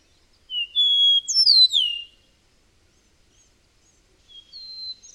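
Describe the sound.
Bird song: a loud, high whistled phrase with steeply falling notes, then a softer, brief whistled phrase after a pause.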